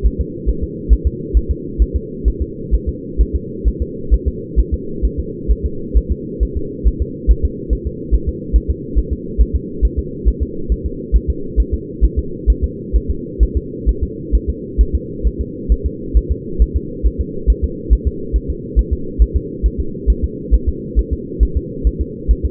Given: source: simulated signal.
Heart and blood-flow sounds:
fetal heart sounds
0.06 s: S1
0.21 s: S2
0.49 s: S1
0.64 s: S2
0.93 s: S1
1.07 s: S2
1.37 s: S1
1.51 s: S2
1.82 s: S1
1.96 s: S2
2.28 s: S1
2.42 s: S2
2.75 s: S1
2.89 s: S2
3.21 s: S1
3.35 s: S2
3.68 s: S1
3.82 s: S2
4.14 s: S1
4.28 s: S2
4.59 s: S1
4.74 s: S2
5.05 s: S1
5.20 s: S2
5.51 s: S1
5.66 s: S2
5.97 s: S1
6.12 s: S2
6.43 s: S1
6.57 s: S2
6.88 s: S1
7.02 s: S2
7.31 s: S1
7.45 s: S2
7.73 s: S1
7.87 s: S2
8.15 s: S1
8.29 s: S2
8.56 s: S1
8.71 s: S2
8.98 s: S1
9.13 s: S2
9.41 s: S1
9.56 s: S2
9.85 s: S1
9.99 s: S2
10.28 s: S1
10.43 s: S2
10.72 s: S1
10.86 s: S2
11.16 s: S1
11.30 s: S2
11.60 s: S1
11.74 s: S2
12.05 s: S1
12.19 s: S2
12.50 s: S1
12.64 s: S2
12.96 s: S1
13.10 s: S2
13.43 s: S1
13.57 s: S2
13.89 s: S1
14.03 s: S2
14.35 s: S1
14.50 s: S2
14.81 s: S1
14.95 s: S2
15.27 s: S1
15.41 s: S2
15.72 s: S1
15.86 s: S2
16.17 s: S1
16.32 s: S2
16.62 s: S1
16.76 s: S2
17.06 s: S1
17.21 s: S2
17.50 s: S1
17.64 s: S2
17.93 s: S1
18.07 s: S2
18.36 s: S1
18.50 s: S2
18.79 s: S1
18.93 s: S2
19.22 s: S1
19.37 s: S2
19.66 s: S1
19.80 s: S2
20.10 s: S1
20.24 s: S2
20.54 s: S1
20.69 s: S2
20.99 s: S1
21.13 s: S2
21.43 s: S1
21.57 s: S2
21.87 s: S1
22.01 s: S2
22.31 s: S1
22.46 s: S2
From the record:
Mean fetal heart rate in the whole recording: 135 bpm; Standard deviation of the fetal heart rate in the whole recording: 3 bpm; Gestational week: 34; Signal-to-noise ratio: -4.3 dB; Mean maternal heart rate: 72 bpm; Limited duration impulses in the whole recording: absent

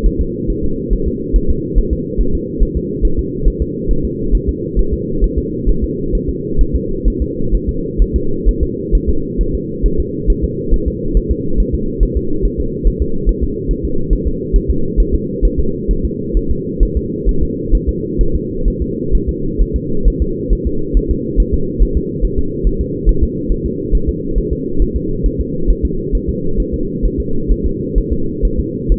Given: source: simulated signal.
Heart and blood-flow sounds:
fetal heart sounds
0.06 s: S1
0.21 s: S2
0.50 s: S1
0.64 s: S2
0.93 s: S1
1.08 s: S2
1.36 s: S1
1.50 s: S2
1.78 s: S1
1.93 s: S2
2.21 s: S1
2.35 s: S2
2.63 s: S1
2.77 s: S2
3.05 s: S1
3.19 s: S2
3.47 s: S1
3.62 s: S2
3.91 s: S1
4.05 s: S2
4.35 s: S1
4.49 s: S2
4.79 s: S1
4.94 s: S2
5.24 s: S1
5.38 s: S2
5.69 s: S1
5.84 s: S2
6.15 s: S1
6.29 s: S2
6.61 s: S1
6.76 s: S2
7.08 s: S1
7.22 s: S2
7.55 s: S1
7.69 s: S2
8.02 s: S1
8.16 s: S2
8.49 s: S1
8.63 s: S2
8.95 s: S1
9.09 s: S2
9.41 s: S1
9.55 s: S2
9.86 s: S1
10.00 s: S2
10.30 s: S1
10.44 s: S2
10.74 s: S1
10.88 s: S2
11.17 s: S1
11.31 s: S2
11.60 s: S1
11.75 s: S2
12.03 s: S1
12.17 s: S2
12.45 s: S1
12.60 s: S2
12.87 s: S1
13.02 s: S2
13.29 s: S1
13.43 s: S2
13.71 s: S1
13.85 s: S2
14.13 s: S1
14.27 s: S2
14.56 s: S1
14.70 s: S2
15.00 s: S1
15.14 s: S2
15.45 s: S1
15.60 s: S2
15.91 s: S1
16.05 s: S2
16.37 s: S1
16.51 s: S2
16.83 s: S1
16.97 s: S2
17.29 s: S1
17.43 s: S2
17.75 s: S1
17.89 s: S2
18.21 s: S1
18.36 s: S2
18.68 s: S1
18.82 s: S2
19.15 s: S1
19.29 s: S2
19.61 s: S1
19.76 s: S2
20.08 s: S1
20.22 s: S2
20.53 s: S1
20.67 s: S2
20.97 s: S1
21.11 s: S2
21.40 s: S1
21.54 s: S2
21.82 s: S1
21.97 s: S2
22.25 s: S1
22.39 s: S2
22.67 s: S1
22.81 s: S2
23.09 s: S1
23.23 s: S2
23.52 s: S1
23.66 s: S2
23.95 s: S1
24.09 s: S2
24.38 s: S1
24.53 s: S2
24.82 s: S1
24.96 s: S2
25.26 s: S1
25.41 s: S2
25.70 s: S1
25.85 s: S2
26.15 s: S1
26.29 s: S2
26.60 s: S1
26.74 s: S2
27.05 s: S1
27.20 s: S2
27.52 s: S1
27.66 s: S2
27.98 s: S1
28.13 s: S2
28.45 s: S1
28.59 s: S2
28.92 s: S1
From the record:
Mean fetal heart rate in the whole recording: 135 bpm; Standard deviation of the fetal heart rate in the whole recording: 3 bpm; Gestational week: 36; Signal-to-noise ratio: -8.1 dB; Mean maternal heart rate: 72 bpm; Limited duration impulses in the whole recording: absent

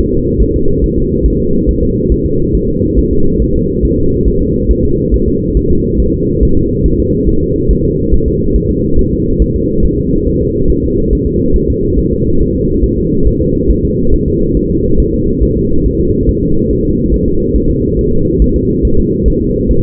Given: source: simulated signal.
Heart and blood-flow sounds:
fetal heart sounds
0.14 s: S2
0.42 s: S1
0.56 s: S2
0.84 s: S1
0.98 s: S2
1.26 s: S1
1.40 s: S2
1.69 s: S1
1.83 s: S2
2.12 s: S1
2.26 s: S2
2.55 s: S1
2.69 s: S2
2.99 s: S1
3.13 s: S2
3.42 s: S1
3.56 s: S2
3.85 s: S1
3.99 s: S2
4.28 s: S1
4.42 s: S2
4.71 s: S1
4.85 s: S2
5.14 s: S1
5.28 s: S2
5.57 s: S1
5.71 s: S2
6.00 s: S1
6.14 s: S2
6.43 s: S1
6.57 s: S2
6.86 s: S1
7.00 s: S2
7.29 s: S1
7.43 s: S2
7.71 s: S1
7.85 s: S2
8.14 s: S1
8.28 s: S2
8.56 s: S1
8.70 s: S2
8.99 s: S1
9.13 s: S2
9.42 s: S1
9.56 s: S2
9.85 s: S1
9.99 s: S2
10.28 s: S1
10.42 s: S2
10.70 s: S1
10.84 s: S2
11.13 s: S1
11.27 s: S2
11.56 s: S1
11.70 s: S2
11.99 s: S1
12.13 s: S2
12.41 s: S1
12.56 s: S2
12.84 s: S1
12.98 s: S2
13.27 s: S1
13.41 s: S2
13.71 s: S1
13.85 s: S2
14.14 s: S1
14.28 s: S2
14.57 s: S1
14.71 s: S2
15.00 s: S1
15.14 s: S2
15.43 s: S1
15.57 s: S2
15.86 s: S1
16.00 s: S2
16.29 s: S1
16.43 s: S2
16.71 s: S1
16.85 s: S2
17.14 s: S1
17.28 s: S2
17.56 s: S1
17.70 s: S2
17.99 s: S1
18.13 s: S2
18.42 s: S1
18.56 s: S2
18.85 s: S1
18.99 s: S2
19.28 s: S1
19.42 s: S2
19.71 s: S1
From the record:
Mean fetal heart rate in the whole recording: 140 bpm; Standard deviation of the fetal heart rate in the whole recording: 2 bpm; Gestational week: 34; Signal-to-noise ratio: -16.4 dB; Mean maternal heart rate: 72 bpm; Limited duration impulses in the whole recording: present

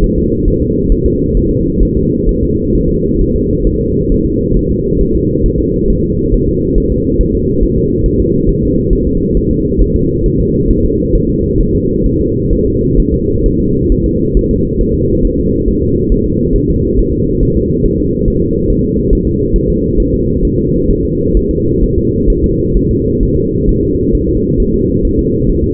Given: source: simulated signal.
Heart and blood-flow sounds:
fetal heart sounds
0.04 s: S1
0.18 s: S2
0.48 s: S1
0.62 s: S2
0.92 s: S1
1.06 s: S2
1.37 s: S1
1.51 s: S2
1.83 s: S1
1.97 s: S2
2.29 s: S1
2.43 s: S2
2.75 s: S1
2.90 s: S2
3.21 s: S1
3.36 s: S2
3.67 s: S1
3.81 s: S2
4.12 s: S1
4.26 s: S2
4.57 s: S1
4.71 s: S2
5.01 s: S1
5.16 s: S2
5.46 s: S1
5.60 s: S2
5.90 s: S1
6.04 s: S2
6.34 s: S1
6.49 s: S2
6.78 s: S1
6.92 s: S2
7.21 s: S1
7.35 s: S2
7.63 s: S1
7.78 s: S2
8.06 s: S1
8.20 s: S2
8.49 s: S1
8.63 s: S2
8.93 s: S1
9.07 s: S2
9.37 s: S1
9.51 s: S2
9.82 s: S1
9.96 s: S2
10.26 s: S1
10.40 s: S2
10.71 s: S1
10.85 s: S2
11.15 s: S1
11.29 s: S2
11.61 s: S1
11.75 s: S2
12.06 s: S1
12.21 s: S2
12.53 s: S1
12.67 s: S2
12.99 s: S1
13.14 s: S2
13.46 s: S1
13.60 s: S2
13.92 s: S1
14.06 s: S2
14.37 s: S1
14.51 s: S2
14.81 s: S1
14.95 s: S2
15.25 s: S1
15.39 s: S2
15.68 s: S1
15.82 s: S2
16.12 s: S1
16.26 s: S2
16.56 s: S1
16.70 s: S2
16.99 s: S1
17.14 s: S2
17.43 s: S1
17.57 s: S2
17.86 s: S1
18.00 s: S2
18.28 s: S1
18.42 s: S2
18.70 s: S1
18.84 s: S2
19.13 s: S1
19.27 s: S2
19.56 s: S1
19.70 s: S2
20.00 s: S1
20.14 s: S2
20.45 s: S1
20.59 s: S2
20.91 s: S1
21.05 s: S2
21.37 s: S1
21.51 s: S2
21.83 s: S1
21.98 s: S2
22.30 s: S1
22.44 s: S2
22.77 s: S1
22.91 s: S2
23.23 s: S1
23.37 s: S2
23.69 s: S1
23.83 s: S2
24.15 s: S1
24.29 s: S2
24.60 s: S1
24.74 s: S2
25.05 s: S1
25.19 s: S2
25.49 s: S1
25.64 s: S2
From the record:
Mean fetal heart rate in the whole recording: 135 bpm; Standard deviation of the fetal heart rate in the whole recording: 3 bpm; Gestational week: 36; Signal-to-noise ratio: -14.7 dB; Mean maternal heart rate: 72 bpm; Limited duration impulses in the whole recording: present

